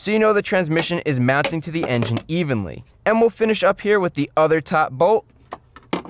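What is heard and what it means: Someone talks, then a click-type torque wrench set to 46 ft-lb tightens the last top transmission bellhousing bolt into the engine block, finishing a crisscross tightening sequence. A sharp metallic click sounds at 5.9 s as the wrench reaches its setting, confirming the bolt is torqued.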